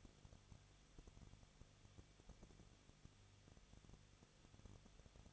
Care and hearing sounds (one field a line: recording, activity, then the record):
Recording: daily activity, microphone in the room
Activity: no activity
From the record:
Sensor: 4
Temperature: 23.0 degrees Celsius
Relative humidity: 34.6%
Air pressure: 1007.3 hPa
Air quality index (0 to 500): 217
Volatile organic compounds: 15 ppm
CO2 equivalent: 2516 ppm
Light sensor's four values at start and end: 2/3/1/1 and 2/3/1/1